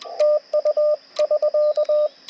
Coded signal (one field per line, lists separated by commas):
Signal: Morse code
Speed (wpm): 22 wpm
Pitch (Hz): 600 Hz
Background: radio noise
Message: TU <SK>